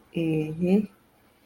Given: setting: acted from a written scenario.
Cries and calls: vocal sound without words; pride

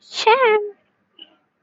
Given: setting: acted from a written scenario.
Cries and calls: vocal sound without words; shame

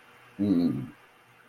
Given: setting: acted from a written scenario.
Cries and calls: vocal sound without words; neutral

